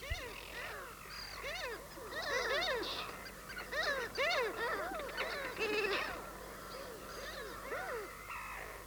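A noisy seabird colony of gulls and terns nesting together on small islands, some birds flying and others sitting on nests, many calling at once in overlapping harsh, rising-and-falling cries and sharper chattering notes, steady and dense throughout with no talking.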